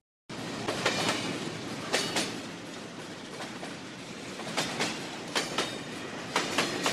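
A train rattles steadily along the rails, a dense continuous rumble with repeated sharp clacks and bright metallic bursts recurring in an uneven rhythm, with no voices.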